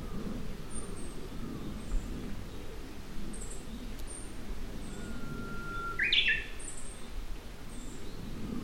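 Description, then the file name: Japanese bush warbler song: a long, steady whistle, then a quick flourish, over a low rumble and faint high chirps. "uguisu"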